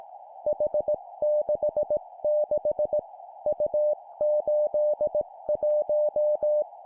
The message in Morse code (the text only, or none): H66 U81